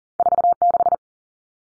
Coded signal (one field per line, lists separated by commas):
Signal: Morse code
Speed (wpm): 40 wpm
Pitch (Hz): 700 Hz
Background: none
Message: 46